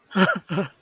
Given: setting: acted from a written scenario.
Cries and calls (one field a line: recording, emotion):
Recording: vocal sound without words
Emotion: amusement